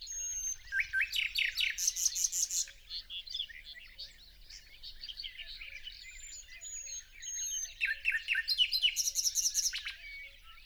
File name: Luscinia megarhynchos